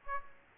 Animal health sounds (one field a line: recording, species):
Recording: mosquito wingbeat signal from an infrared sensor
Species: Aedes aegypti